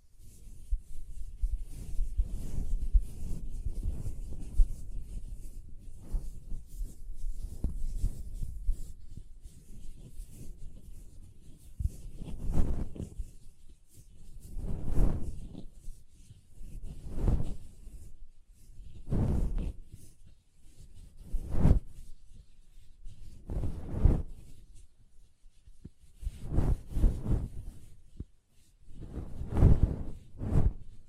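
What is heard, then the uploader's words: Soft pom pom rustling and brushing, dense and low for the first twelve seconds. After that it settles into separate swishing strokes, one roughly every two seconds, each rising and fading, with quiet gaps between them. No voice is heard. ASMR Ultimate Pom Pom Tingles (No Talking).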